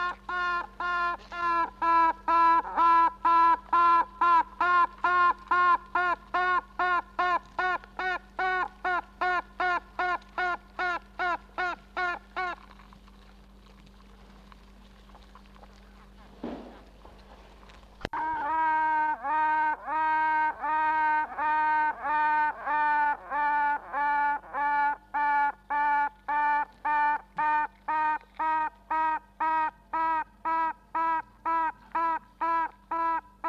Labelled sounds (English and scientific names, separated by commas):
Honey Bee (Apis mellifera)